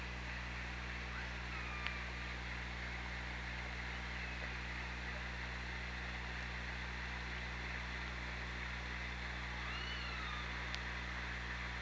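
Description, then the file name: Killer whale calls, faint curved whistle-like tones rising and falling, a few scattered throughout, over steady low hum and hiss. Hydrophone recording from OrcaLab, 24 August 2017, 07:07. "Orca Lab JASON 20170824 070723"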